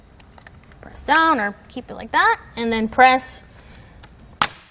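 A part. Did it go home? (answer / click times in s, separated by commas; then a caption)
released / 4.4 s. Someone talks while pressing the two red plastic tabs on the tensioning mechanism of Konig Easy Fit tire chains on a 2020 Land Rover Velar to release the cable tension. A sharp click sounds at 4.4 s, and the tension is released.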